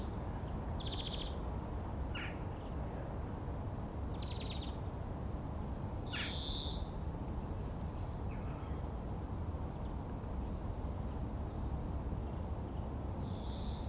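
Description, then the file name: European greenfinch calling: a few brief chirps and short buzzy notes spread throughout, over a constant low background rumble. "Chloris chloris"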